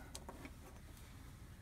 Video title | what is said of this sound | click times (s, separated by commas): NICK THE TOOL: SNAP-ON MASTER DEUTSCH TERMINAL RELEASE TOOL KIT | back in till it clicks | 0.2 s